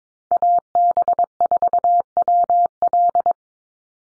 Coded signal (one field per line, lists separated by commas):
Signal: Morse code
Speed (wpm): 22 wpm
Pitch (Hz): 700 Hz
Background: none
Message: AB4WL